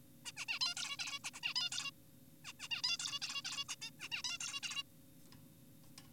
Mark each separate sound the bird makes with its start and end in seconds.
0.26-0.32, 0.37-0.46, 0.48-0.59, 0.61-0.74, 0.77-0.97, 0.99-1.19, 1.24-1.31, 1.34-1.40, 1.43-1.54, 1.56-1.70, 1.72-1.91, 2.45-2.53, 2.60-2.68, 2.71-2.82, 2.84-2.97, 3.00-3.20, 3.22-3.42, 3.45-3.64, 3.69-3.75, 3.82-3.90, 4.00-4.09, 4.12-4.22, 4.24-4.38, 4.40-4.60, 4.63-4.83